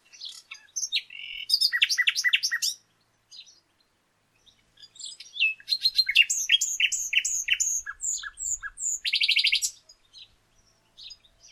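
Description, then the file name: Common nightingale song: a phrase of quick repeated sharp notes, then after a pause a second phrase of repeated notes ending in a dense buzzy rattle. "Luscinia megarhynchos"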